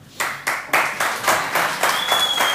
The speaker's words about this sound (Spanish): Claro, acostumbrado a los aplausos acá.